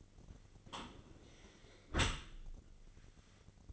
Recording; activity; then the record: daily activity, microphone in the room; close dishwasher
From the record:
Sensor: 4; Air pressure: 1003.9 hPa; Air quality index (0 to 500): 152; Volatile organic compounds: 2 ppm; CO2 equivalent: 1086 ppm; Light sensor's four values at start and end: 22/52/21/22 and 22/53/22/23